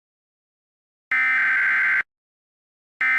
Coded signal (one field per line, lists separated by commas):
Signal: Emergency Alert System (SAME) tones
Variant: header bursts